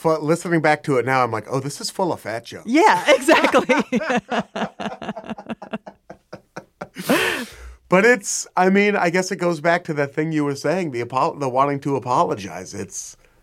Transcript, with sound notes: listening back to it now, I'm like, oh, this is full of fat jokes.
Yeah, exactly.
(LAUGHTER)
But it's - I mean, I guess it goes back to the thing you were saying, the wanting to apologize.